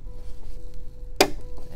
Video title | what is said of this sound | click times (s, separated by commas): Dell PowerEdge T710 Workstation Server Review & Overview - Memory Install Tips - How to Configure | hear that click and just like that you're done | 1.2 s